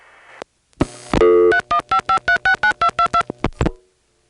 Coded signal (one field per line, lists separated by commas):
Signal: DTMF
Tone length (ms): 90 ms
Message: 3155369222